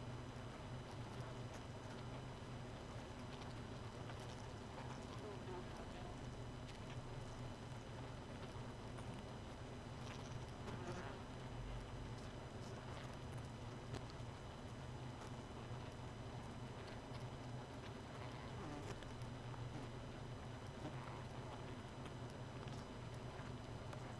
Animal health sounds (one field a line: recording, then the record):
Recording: honeybee colony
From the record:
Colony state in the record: missing queen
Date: 31 May 2018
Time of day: 0:55